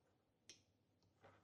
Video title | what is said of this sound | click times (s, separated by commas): Saab 9-3 Fuel Level Sender Replacement | another good satisfying click pay attention before you do this | 0.5 s